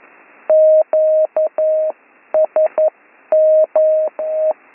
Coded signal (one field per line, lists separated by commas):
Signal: Morse code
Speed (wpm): 11 wpm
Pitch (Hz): 620 Hz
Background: none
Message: QSM E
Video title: Slow Morse Code Course - Week 9 - Learn Morse Code